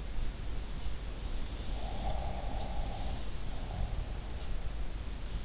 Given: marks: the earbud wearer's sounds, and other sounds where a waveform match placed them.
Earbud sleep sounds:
sounds in sleep by an in-ear microphone; snoring breath
0.37-5.45 s: sound from someone else or the room
1.88-4.35 s: snoring breath

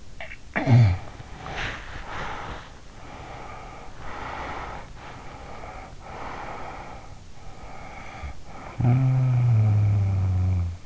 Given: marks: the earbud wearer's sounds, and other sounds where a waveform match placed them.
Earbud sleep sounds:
sounds in sleep by an in-ear microphone; snoring breath, body movement, breath
0.00-2.83 s: snoring breath
0.87-1.95 s: body movement
2.95-4.96 s: breath
5.07-7.24 s: breath
7.33-10.86 s: snoring breath

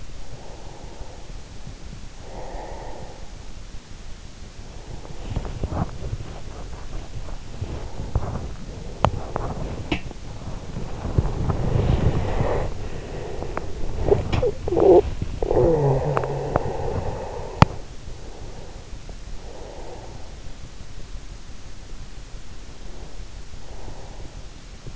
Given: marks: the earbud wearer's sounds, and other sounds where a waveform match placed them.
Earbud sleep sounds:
sounds in sleep by an in-ear microphone; breath, body movement, talking in sleep
0.48-3.72 s: breath
4.41-17.89 s: body movement
14.09-17.54 s: talking in sleep
17.89-20.75 s: breath
22.31-24.91 s: breath

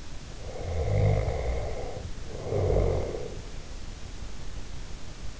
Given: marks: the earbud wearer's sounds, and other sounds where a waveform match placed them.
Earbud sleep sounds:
sounds in sleep by an in-ear microphone; snoring breath
0.28-3.46 s: snoring breath

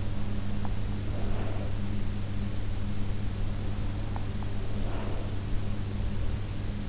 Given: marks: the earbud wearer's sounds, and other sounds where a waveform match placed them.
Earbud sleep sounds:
sounds in sleep by an in-ear microphone; teeth grinding, breath
0.28-0.83 s: teeth grinding
0.83-1.83 s: breath
4.41-5.55 s: breath

